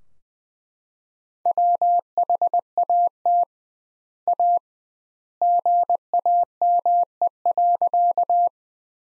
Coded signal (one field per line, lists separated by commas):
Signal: Morse code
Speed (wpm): 20 wpm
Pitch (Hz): 700 Hz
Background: none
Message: WHAT A GAME.